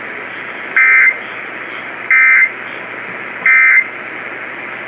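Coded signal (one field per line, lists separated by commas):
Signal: Emergency Alert System (SAME) tones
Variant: end-of-message bursts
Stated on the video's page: Severe weather NOAA Weather Radio alerts compilation.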